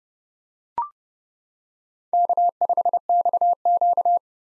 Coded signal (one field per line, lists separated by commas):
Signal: Morse code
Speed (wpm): 29 wpm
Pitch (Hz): 700 Hz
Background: none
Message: K5XQ